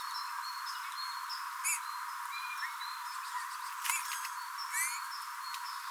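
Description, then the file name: Eurasian bullfinch calls, soft short whistled notes, heard a few times among other chirping birds. "Pyrrhula pyrrhula"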